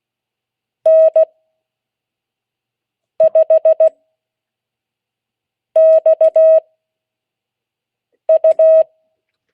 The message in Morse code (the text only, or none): N5XU